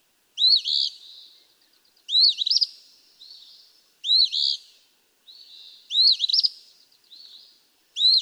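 Eastern phoebe giving harsh, raspy fee-bee songs roughly every two seconds, alternating with faint buzzy trills; nothing else audible.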